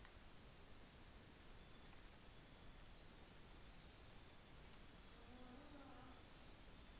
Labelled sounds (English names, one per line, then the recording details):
New Zealand Fantail
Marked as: faintness 3/5
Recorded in New Zealand on 24 December 2018
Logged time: 11:00